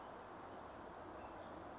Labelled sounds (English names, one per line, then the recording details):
Song Sparrow
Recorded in Sonoma County, California